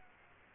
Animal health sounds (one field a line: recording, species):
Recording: mosquito wingbeat signal from an infrared sensor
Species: Culex quinquefasciatus